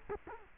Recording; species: mosquito wingbeat signal from an infrared sensor; Culex quinquefasciatus